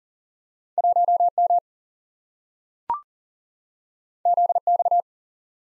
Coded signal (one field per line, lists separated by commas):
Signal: Morse code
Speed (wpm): 40 wpm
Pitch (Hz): 700 Hz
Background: none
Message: 1M ZX